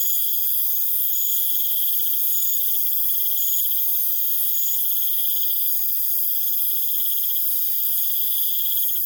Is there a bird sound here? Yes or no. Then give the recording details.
no. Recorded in pastures near Puerto Asís, Putumayo, Colombia, on 19 June 2025 at 20:00. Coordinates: 0.487, -76.322. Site H26